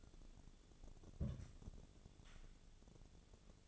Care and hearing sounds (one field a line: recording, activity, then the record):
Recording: daily activity, microphone in the room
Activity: place on stove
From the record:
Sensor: 4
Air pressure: 1000.8 hPa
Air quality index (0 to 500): 124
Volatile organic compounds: 1 ppm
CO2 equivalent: 934 ppm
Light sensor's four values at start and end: 46/113/48/53 and 46/114/48/54